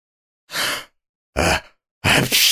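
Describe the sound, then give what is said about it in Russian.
Two quick, breathy intakes of air build up, then a loud, explosive sneeze by Karabas-Barabas bursts out and trails off, with no talking around it. “Чихнул Карабас-Барабас с таким шумом, что Пьеро отлетел налево, Орликин направо, а Буратино завертелся волчком.”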